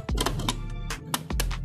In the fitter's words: Sampai ngunci juga nih, ada kuncinya sini. Tuh,